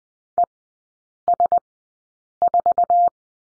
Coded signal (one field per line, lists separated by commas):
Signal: Morse code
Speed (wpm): 20 wpm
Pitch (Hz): 700 Hz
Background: none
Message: ES4